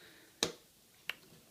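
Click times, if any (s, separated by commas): 0.4 s, 1.1 s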